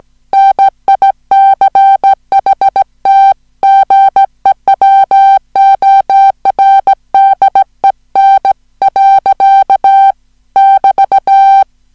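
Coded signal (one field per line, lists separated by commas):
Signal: Morse code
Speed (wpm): 17 wpm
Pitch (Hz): 780 Hz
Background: music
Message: NICHT GEWORDEN. <BT>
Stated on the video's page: Hand-sent Morse on a Junker straight key at about 15 wpm, recorded uncut with errors corrected, as plain-text copy practice of a short story.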